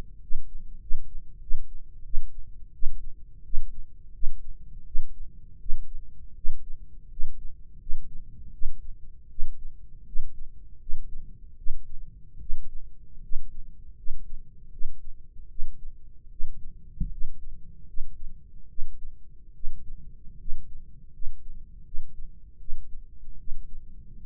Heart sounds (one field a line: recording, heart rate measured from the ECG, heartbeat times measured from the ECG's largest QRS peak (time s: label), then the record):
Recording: heart sounds by microphone in the right ear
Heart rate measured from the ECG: 80 bpm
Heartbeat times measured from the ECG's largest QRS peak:
0.21 s: heartbeat
0.80 s: heartbeat
1.40 s: heartbeat
2.04 s: heartbeat
2.73 s: heartbeat
3.43 s: heartbeat
4.13 s: heartbeat
4.85 s: heartbeat
5.59 s: heartbeat
6.35 s: heartbeat
7.09 s: heartbeat
7.79 s: heartbeat
8.52 s: heartbeat
9.29 s: heartbeat
10.05 s: heartbeat
10.79 s: heartbeat
11.56 s: heartbeat
12.39 s: heartbeat
13.21 s: heartbeat
13.96 s: heartbeat
14.70 s: heartbeat
15.48 s: heartbeat
16.29 s: heartbeat
17.10 s: heartbeat
17.86 s: heartbeat
18.68 s: heartbeat
19.53 s: heartbeat
20.38 s: heartbeat
21.12 s: heartbeat
21.84 s: heartbeat
22.58 s: heartbeat
23.37 s: heartbeat
24.16 s: heartbeat
From the record:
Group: healthy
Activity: rest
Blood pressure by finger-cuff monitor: 170/98 mmHg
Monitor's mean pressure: 116 mmHg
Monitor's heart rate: 80 bpm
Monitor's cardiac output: 6.7 L/min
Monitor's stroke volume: 83 mL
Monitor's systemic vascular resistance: 1310 dyn s/cm5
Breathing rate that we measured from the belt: 18 breaths a minute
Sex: male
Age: 21 years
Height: 180 cm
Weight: 67.5 kg